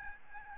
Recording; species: mosquito wingbeat signal from an infrared sensor; Aedes albopictus